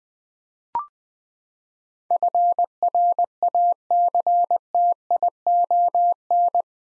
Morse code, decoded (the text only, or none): FRACTION